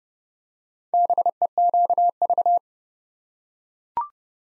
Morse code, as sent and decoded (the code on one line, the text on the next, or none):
-... . --.- ...-
BEQV